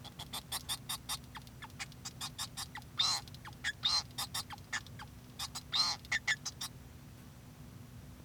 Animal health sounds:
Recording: song of a male Bengalese finch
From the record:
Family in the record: son of father 2

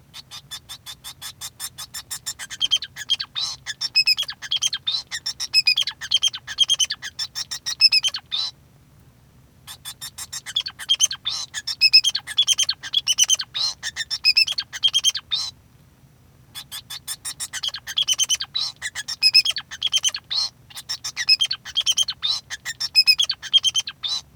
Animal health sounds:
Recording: song of a male Bengalese finch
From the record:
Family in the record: son of father 2

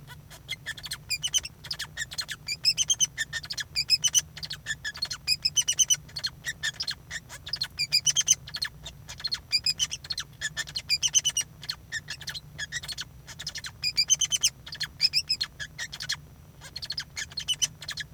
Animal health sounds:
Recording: song of a male Bengalese finch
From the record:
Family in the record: son of father 2

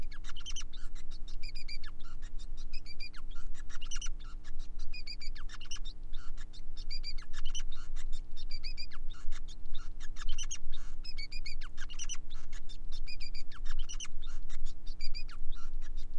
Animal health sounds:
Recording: song of a male Bengalese finch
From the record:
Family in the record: son of father 5

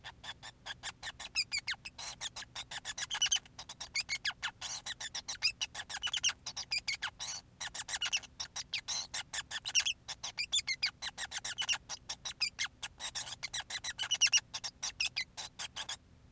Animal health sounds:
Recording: song of a male Bengalese finch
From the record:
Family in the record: son of father 5

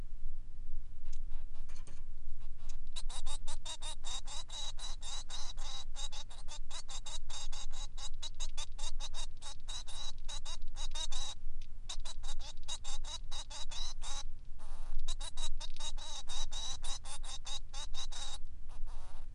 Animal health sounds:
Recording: song of a male Bengalese finch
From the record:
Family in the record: son of father 3

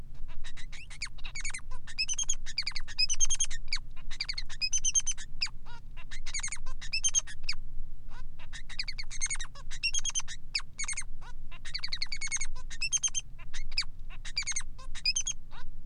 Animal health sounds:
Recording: song of a male Bengalese finch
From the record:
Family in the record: son of father 3

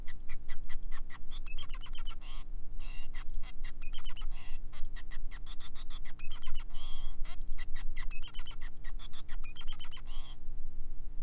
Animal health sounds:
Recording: song of a male Bengalese finch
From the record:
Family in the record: son of father 5

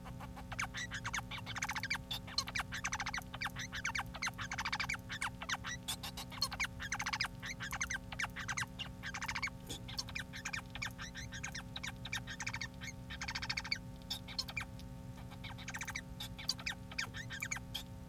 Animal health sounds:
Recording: song of a male Bengalese finch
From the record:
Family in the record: son of father 4

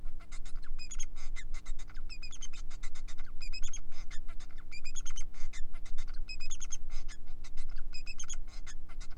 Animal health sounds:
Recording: song of a male Bengalese finch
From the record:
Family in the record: son of father 4

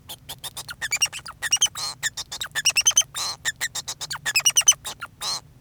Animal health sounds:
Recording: song of a male Bengalese finch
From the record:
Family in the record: son of father 2

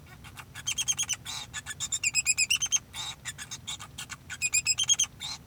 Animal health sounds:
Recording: song of a male Bengalese finch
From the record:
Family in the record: son of father 2

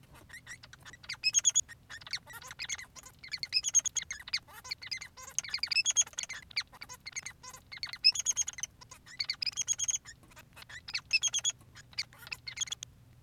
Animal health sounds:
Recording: song of a male Bengalese finch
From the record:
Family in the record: son of father 3

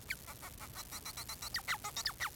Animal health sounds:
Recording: song of a male Bengalese finch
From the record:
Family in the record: son of father 4

